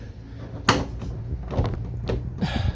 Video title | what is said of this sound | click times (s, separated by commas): Lotus Exige 390 Final Edition - V6 carbon front panel install DIY | Just make sure it's nice and locked. | 0.7 s